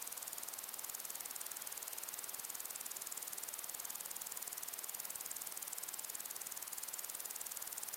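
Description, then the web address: Crickets chirping in a fast, steady, high pulsing train that runs under a loud, continuous rush of wind through grass. Crickets in windy long grass. "beanstalk-audio Crickets and insects in windy long grass"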